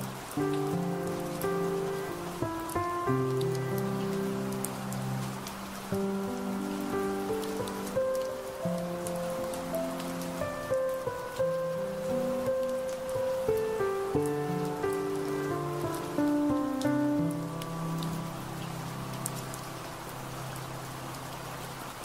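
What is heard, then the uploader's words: Soft, slow music of sustained tones and gentle melodic notes plays over a steady bed of rain, with faint drops ticking throughout. The music moves through shifting chords at an even, unhurried pace while the rain stays constant for the full length. Relaxing Music and Rain.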